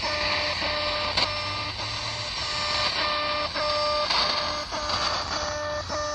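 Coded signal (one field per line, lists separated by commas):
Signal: channel marker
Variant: The Alarm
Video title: SW DX "The Alarm" - Russian military commandment network communication, reception in Sofia, Bulgaria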